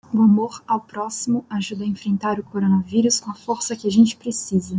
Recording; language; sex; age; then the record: spoken sentence; Brazilian Portuguese; female; 20 to 29 years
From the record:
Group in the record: control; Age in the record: 21 years